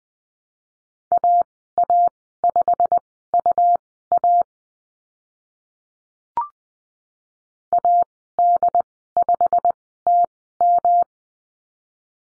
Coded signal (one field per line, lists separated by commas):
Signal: Morse code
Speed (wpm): 20 wpm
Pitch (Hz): 700 Hz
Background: none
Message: AA5UA AD5TM